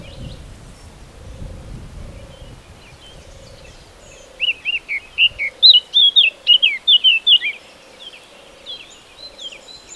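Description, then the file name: Eurasian blackcap song: a lively three-second warble of rapid varied notes, with soft low tones repeating steadily in the background and faint rumble early on. "Sylvia atricapilla"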